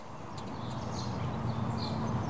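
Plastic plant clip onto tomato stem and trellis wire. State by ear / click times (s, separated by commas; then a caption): not seated / none. A plastic tomato trellis clip is wrapped around a tomato stem and the support wire before being snapped closed. Only a steady low background rumble with faint, scattered high-pitched sounds is heard. Nothing has clicked or seated yet.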